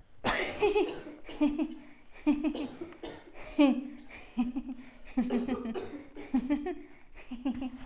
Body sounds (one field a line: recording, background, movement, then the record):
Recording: laughter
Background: a bystander coughing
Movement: sitting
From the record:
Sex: female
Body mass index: 22.6 kg/m2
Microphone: on the chest, facing outward